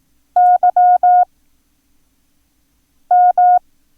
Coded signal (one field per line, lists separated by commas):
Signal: Morse code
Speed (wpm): 18 wpm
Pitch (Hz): 720 Hz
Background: none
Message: YM